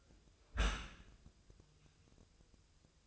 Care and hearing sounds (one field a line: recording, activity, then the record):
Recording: daily activity, microphone in the room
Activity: close dishwasher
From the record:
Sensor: 2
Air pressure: 1004.5 hPa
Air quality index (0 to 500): 106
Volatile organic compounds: 2 ppm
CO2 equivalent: 1284 ppm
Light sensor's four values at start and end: 6/15/6/6 and 6/15/6/6